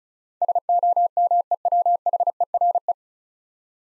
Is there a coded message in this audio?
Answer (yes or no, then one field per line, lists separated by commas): yes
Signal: Morse code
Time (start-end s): 0.4-2.9 s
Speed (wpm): 36 wpm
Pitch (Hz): 700 Hz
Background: none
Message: SOMEWHERE